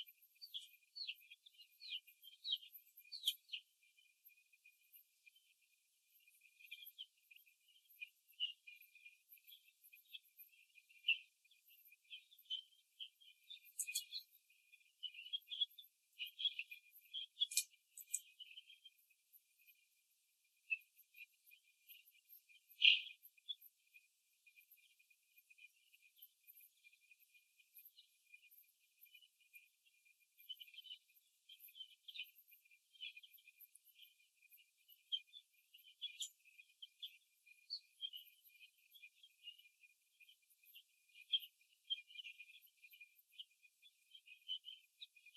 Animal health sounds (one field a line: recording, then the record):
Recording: young laying hens in a cage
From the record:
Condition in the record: after the stressor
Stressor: simulated dog barking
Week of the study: 2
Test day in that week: 3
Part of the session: 1